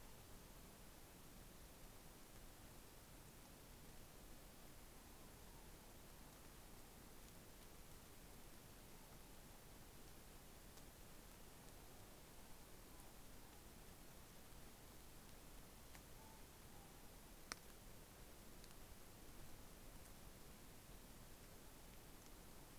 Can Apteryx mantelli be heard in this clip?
no